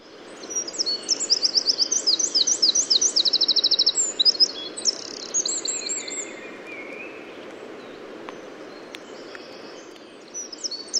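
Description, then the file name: Eurasian wren singing, a loud rapid run of very high trills and chattering notes, then quieter scattered high notes. "Troglodytes troglodytes"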